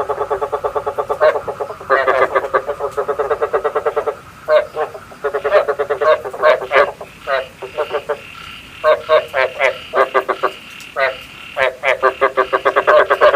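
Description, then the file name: Frog chorus of rattling pulsed croaks, dense at first, then breaking into separate bursts. Male frogs calling, used to stimulate frogs to pair for breeding. "tieng ech duc keu kich thich ech ghep cap sinh san"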